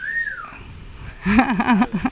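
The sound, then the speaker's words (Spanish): A single short catcall whistle, the classic street catcall, a high tone that swoops up and then slides down, is followed after a pause by a louder voice making wavering vocal sounds. “Después aquí ya tenemos una lista que podría ser los silbidos, los besos que lanzan. Silbidos. Silbidos. El clásico.”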